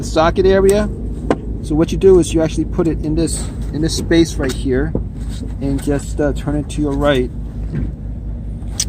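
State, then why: Seated. The plastic brake light bulb socket of a 2005 Honda Element is set into the slot of the rear tail light housing and turned to the right while someone talks over a low steady hum. A sharp click at 8.8 s marks the socket locking into the housing, seated.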